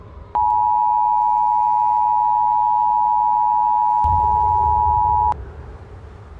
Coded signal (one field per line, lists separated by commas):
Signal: Emergency Alert System (SAME) tones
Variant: 853 and 960 Hz attention tone